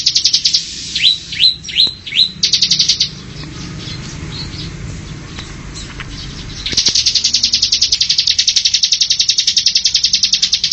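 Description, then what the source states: Oriental magpie-robin giving a few sharp descending whistles between stretches of loud, rapidly pulsed buzzy chatter, with a quieter pause in the middle. Song; Indonesian local name kacer.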